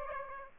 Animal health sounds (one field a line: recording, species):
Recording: mosquito wingbeat signal from an infrared sensor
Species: Aedes aegypti